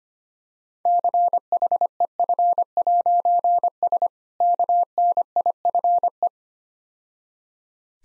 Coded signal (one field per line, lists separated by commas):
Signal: Morse code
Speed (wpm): 25 wpm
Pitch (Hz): 700 Hz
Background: none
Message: CHEF'S KNIFE